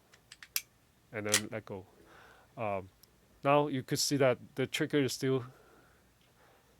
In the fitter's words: just slide a little bit you will hear the click